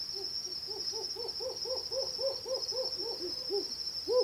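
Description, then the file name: Hume's owl hooting in quick evenly spaced pulses, each a short arched hoot, continuing throughout with a constant high-pitched insect drone in the background. Two males in a territorial confrontation, giving pulsed hooting and compound hooting. "Humes Owl Pulsed Hooting Compound Hooting In Territorial Confrontation Between Two Males"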